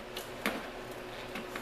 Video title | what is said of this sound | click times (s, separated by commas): JLT Cold Air Intake install 2015-2017 Mustang GT CAI-FMG-15 | and the two vacuum lines same thing snaps on to the fitting supplied | 0.5 s